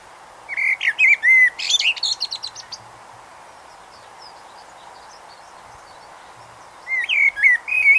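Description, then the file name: Common blackbird singing two fluty warbled phrases, the first ending in thin, squeaky high twitters, separated by about four seconds of quiet background hiss. "Turdus merula"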